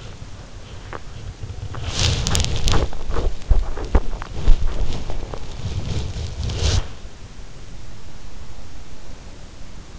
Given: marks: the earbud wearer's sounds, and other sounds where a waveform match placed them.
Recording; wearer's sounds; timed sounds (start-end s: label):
sounds in sleep by an in-ear microphone; teeth grinding, body movement
0.00-1.38 s: teeth grinding
1.84-7.15 s: body movement
3.11-6.46 s: teeth grinding